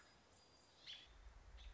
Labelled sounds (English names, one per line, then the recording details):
American Robin
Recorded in Sonoma County, California